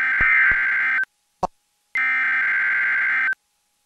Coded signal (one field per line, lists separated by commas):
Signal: Emergency Alert System (SAME) tones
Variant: end-of-message bursts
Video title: Required weekly test RGB TV And WXN TV Via control room